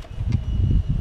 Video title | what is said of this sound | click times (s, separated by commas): Como RETIRAR o Módulo BSM do Peugeot 206/207 👍 | clique soltou aqui do outro lado a mesma coisa | 0.3 s